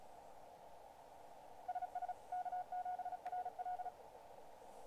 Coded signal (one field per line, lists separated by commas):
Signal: Morse code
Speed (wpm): 36 wpm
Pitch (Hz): 730 Hz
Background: radio noise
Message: SS K7RL